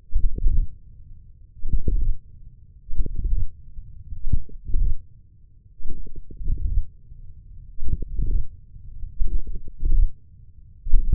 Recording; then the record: forearm muscle sounds (acoustic myography)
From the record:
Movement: hand opening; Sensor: system 1, eight BSWA MPA416 microphones around the upper forearm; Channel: 5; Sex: male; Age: 28 years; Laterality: right